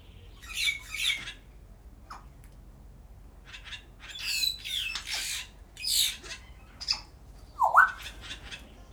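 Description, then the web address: Grey parrot producing hoarse, grating squawks in clusters, short clicks between them, and a brief bending whistle near the end. Captive bird at a zoo in Szeged, recorded in 2011. "szegedizoo. jakopapagaj"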